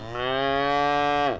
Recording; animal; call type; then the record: contact call of a hoofed animal; cattle; low-frequency (closed-mouth) or high-frequency (open-mouth) call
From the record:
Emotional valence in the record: negative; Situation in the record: full separation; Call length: 1.39 s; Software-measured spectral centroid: 1810 Hz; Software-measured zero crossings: 1800 a second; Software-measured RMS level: -24 dBFS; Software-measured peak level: -12 dBFS